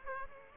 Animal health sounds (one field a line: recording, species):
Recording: mosquito wingbeat signal from an infrared sensor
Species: Aedes aegypti